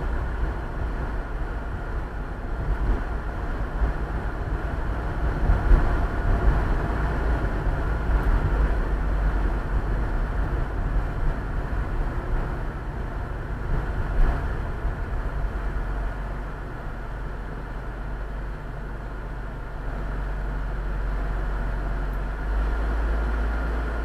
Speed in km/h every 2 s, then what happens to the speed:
38, 37, 37, 36, 34, 29, 21, 14, 8, 0, 0, 0.
0-8 steady at about 37. 8-18 slows to 0. 18-24 standing.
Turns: none.